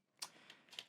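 A 400 mm telephoto extender lens is twisted against the adapter plate on a Vivo X300 Ultra phone, but the alignment marks are lined up wrong, so the bayonet does not engage. There are a few short, sharp ticks: a loud one at 0.2 s, a fainter one at 0.5 s and a pair around 0.7–0.8 s. Nothing has seated or clicked yet, and the extender is not locked on.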